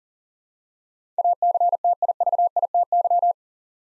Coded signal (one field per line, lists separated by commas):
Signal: Morse code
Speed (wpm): 41 wpm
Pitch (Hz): 700 Hz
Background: none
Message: ACTIVITY